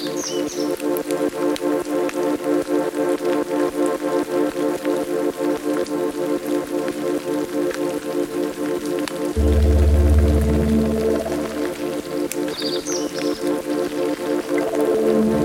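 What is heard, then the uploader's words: Rain patters steadily through the clip while layered synth tones hold sustained pitched lines in the low and middle range. Near ten seconds a deep droning bass swells in and stays, and faint high chirps, possibly birds, flicker near the start and end. Sounds of rain and birds layered with non-linear hardware synths improvisation. Belarus bird tower.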